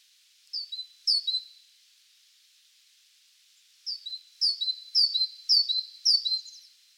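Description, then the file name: Great tit giving ringing two-part notes, each a high note falling to a lower one, first a short run of two, then a steady series of five. "Parus major"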